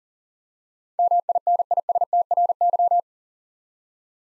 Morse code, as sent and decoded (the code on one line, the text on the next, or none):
-- .. -. .. ... - .-. -.--
MINISTRY